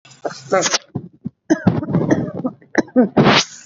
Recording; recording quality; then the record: shallow voluntary cough; moderate, slight background noise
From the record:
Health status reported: COVID-19 positive, mild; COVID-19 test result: positive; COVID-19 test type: RT-PCR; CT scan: not taken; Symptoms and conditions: fever, fatigue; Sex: female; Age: 33 years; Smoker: no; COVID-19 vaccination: both doses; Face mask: not worn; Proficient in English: yes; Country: India